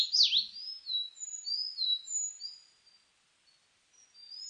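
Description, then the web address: Sakhalin leaf warbler song opening with a loud swooping note, then a run of thin, high slurred whistles, a short silence, and whistles resuming at the end. Recorded 29 May 2004. "2004 040529 ezomusikui"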